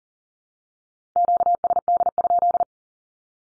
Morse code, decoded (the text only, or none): QSD?